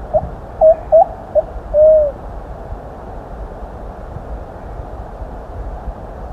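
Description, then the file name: Plumbeous pigeon song: a few short hoots, then a longer drawn-out coo near the two-second mark, followed by steady background hiss. "canto da pomba amorgosa"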